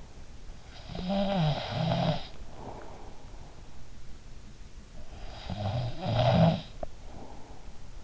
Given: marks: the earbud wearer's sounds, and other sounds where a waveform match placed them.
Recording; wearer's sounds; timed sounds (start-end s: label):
sounds in sleep by an in-ear microphone; snoring breath
0.35-3.75 s: snoring breath
4.78-8.04 s: snoring breath